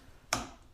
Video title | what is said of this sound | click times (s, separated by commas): New Scotty accessories for the boat! | and it locks into place. | 0.3 s